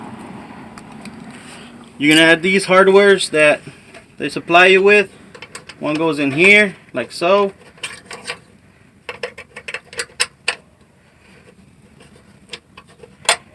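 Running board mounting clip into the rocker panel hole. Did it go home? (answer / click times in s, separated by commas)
yes / 10.5 s, 13.3 s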